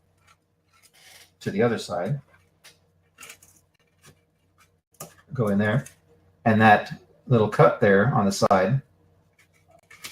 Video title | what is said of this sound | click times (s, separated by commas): Diffuser Build | kind of guide it clicks in place and now the phone plate doesn't move it | 9.9 s